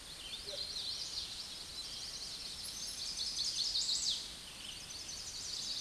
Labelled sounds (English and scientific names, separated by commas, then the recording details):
Chestnut-sided Warbler (Setophaga pensylvanica) song
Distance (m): 45 m
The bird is about 20 m above the microphone
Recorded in a Pennsylvania forest on 16 May 2024 at 09:21
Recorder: AudioMoth, point MSD-2417
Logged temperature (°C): 16.4 °C
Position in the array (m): 66 m, 62 m